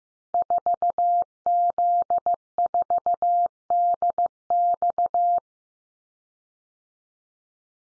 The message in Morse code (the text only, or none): 4Z4DX